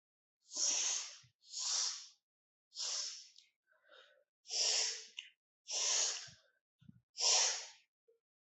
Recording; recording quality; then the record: shallow breathing; excellent, no background noise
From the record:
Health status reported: healthy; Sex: male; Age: 25 years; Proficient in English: no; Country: India